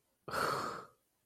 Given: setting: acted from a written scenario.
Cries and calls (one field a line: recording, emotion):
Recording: vocal sound without words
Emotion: anger